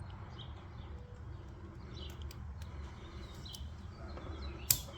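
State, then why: Seated. The truck's wiring harness plug, on a Gen 1 Raptor, is lined up with the socket on a new aftermarket third brake light housing and pushed in. Over low outdoor background noise with faint bird chirps and a few small ticks, a single sharp, loud click sounds at 4.7 s as the plug seats.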